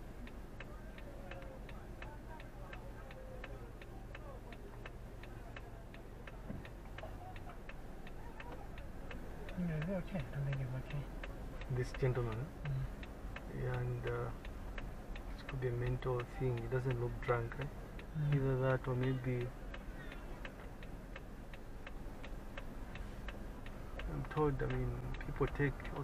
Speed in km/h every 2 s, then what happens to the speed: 0, 0, 0, 0, 1, 3, 4, 4, 3, 2, 1, 3, 6.
0-9 standing. 9-18 steady at about 3. 18-21 standing.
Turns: none.